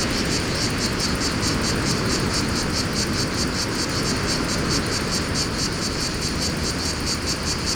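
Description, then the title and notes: Pulsing high cicada buzz continues steadily while loud wind roars and a low engine-like rumble sits beneath. Cicadas in a pine wood at Fontvieille, France, during mistral wind, some traffic; two Shure BG 4.0 microphones, DIY windshield, Tascam DA-P1 DAT recorder, excerpt from CD-R copy. "Fontvieille, France - Mistral et cigales. Le Mistral dans la pinède les cigales et insectes au sol , quelques bruits de circulation"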